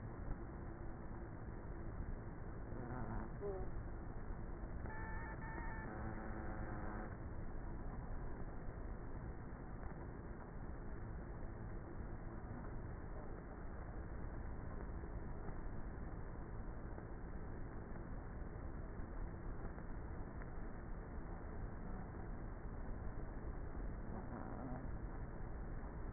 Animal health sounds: honeybee colony, microphone inside the hive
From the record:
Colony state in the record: queenless with a low population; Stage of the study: before two queens were removed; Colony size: about 30,000 bees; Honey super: no

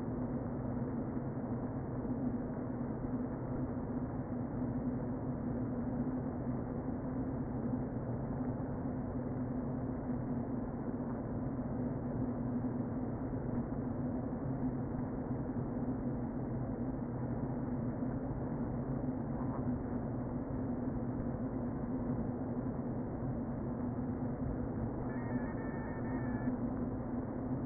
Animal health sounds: honeybee colony, microphone inside the hive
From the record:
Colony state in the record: queen present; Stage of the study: before two queens were removed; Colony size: about 60,000 bees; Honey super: yes

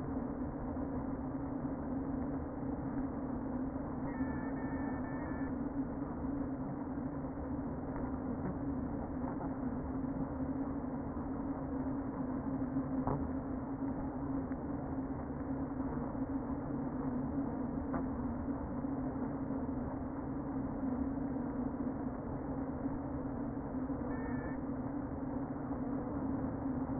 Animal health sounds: honeybee colony, microphone inside the hive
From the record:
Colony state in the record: queen present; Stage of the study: before two queens were removed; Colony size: about 60,000 bees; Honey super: yes

